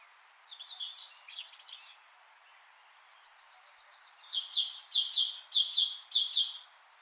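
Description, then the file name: Great tit calls, a soft varied phrase first, then a brisk series of repeated high notes in the second half, over low steady background noise. "Parus major"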